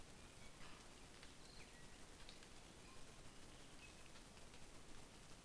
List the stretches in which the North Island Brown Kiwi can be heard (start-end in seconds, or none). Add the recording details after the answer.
none. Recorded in New Zealand on 21 November 2014. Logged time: 04:57. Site CL78